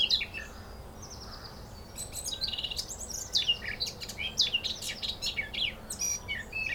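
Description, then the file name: Eurasian blackcap song: a few scattered notes at first, then from about two seconds a lively, varied warble of scratchy and fluty notes continuing to the end. "Sylvia atricapilla"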